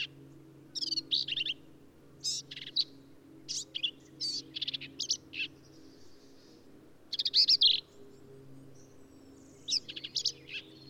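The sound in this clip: Black-capped vireo giving repeated short phrases of sharp, squeaky and buzzy notes over a steady low hum.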